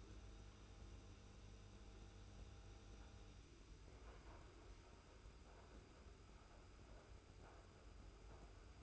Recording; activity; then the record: daily activity, microphone in the room; make coffee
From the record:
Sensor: 2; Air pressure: 990.7 hPa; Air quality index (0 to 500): 158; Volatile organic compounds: 603 ppm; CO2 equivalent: 4942 ppm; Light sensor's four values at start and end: 25/60/24/24 and 25/60/24/24